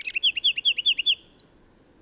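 Bird song: a rapid series of bright, down-slurred chirped notes, then two higher thin whistles, ending abruptly in quiet.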